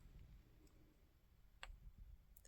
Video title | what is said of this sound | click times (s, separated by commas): Socktober 2023. Day 17. 1x1 Ribbing with a 2 row hung hem selvage | Tiniest little pop. | 1.6 s